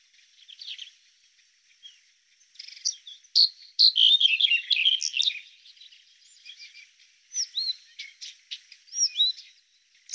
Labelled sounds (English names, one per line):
Red-headed Bunting song